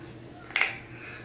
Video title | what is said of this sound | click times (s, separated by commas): Around the Block Hoodie Sew A Long | wants to be right in the middle there I hear that click | 0.6 s